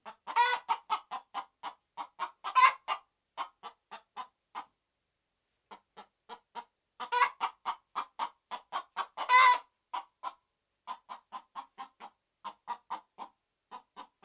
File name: Red Junglefowl